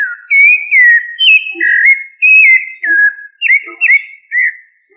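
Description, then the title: Thrush singing a run of clear, fluting whistled phrases, each slurred up or down, delivered in quick succession with short gaps and a few soft low notes between. "Familia Turdidae - Sabia"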